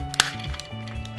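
A plastic panel of a Transformers War for Cybertron Siege Ultra Magnus robot toy is lined up with its pin joint and pressed on, snapping into place at 0.2 s. The snap is a sharp, bright click over steady background music. Quieter taps follow at 0.6 and 1.1 s.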